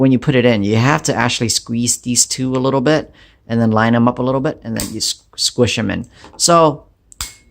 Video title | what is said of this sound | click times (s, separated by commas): Nitecore SRT9vn - LEO Duty | both sides so you hear click on both side you know it's in | 7.1 s, 7.2 s